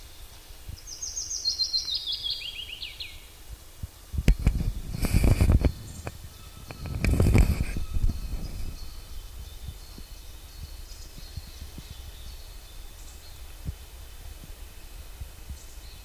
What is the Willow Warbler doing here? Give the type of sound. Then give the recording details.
song. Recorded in the wild. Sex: male. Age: adult. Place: Halbinsel Kindo, Karelien, RU. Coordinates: 66.5503, 33.1017. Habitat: taiga. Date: 1991-07-23. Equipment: Uher 4000 Report Monitor ME 80, K 30 AV, Original. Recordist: Frommolt, Karl-Heinz. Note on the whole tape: Gesang